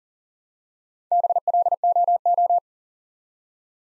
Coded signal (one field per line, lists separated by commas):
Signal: Morse code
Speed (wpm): 41 wpm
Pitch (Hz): 700 Hz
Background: none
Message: BLOO